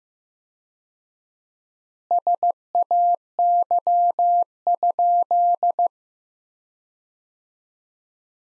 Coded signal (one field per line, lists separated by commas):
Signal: Morse code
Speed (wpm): 15 wpm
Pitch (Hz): 700 Hz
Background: none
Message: SAY?